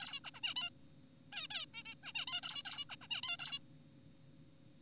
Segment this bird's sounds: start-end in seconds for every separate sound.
0.00-0.20, 0.24-0.31, 0.35-0.41, 0.43-0.54, 0.56-0.70, 1.33-1.48, 1.51-1.66, 1.74-1.83, 1.85-1.95, 2.04-2.13, 2.15-2.25, 2.27-2.41, 2.43-2.62, 2.65-2.85, 2.90-2.96, 3.02-3.08, 3.11-3.21, 3.23-3.37, 3.39-3.59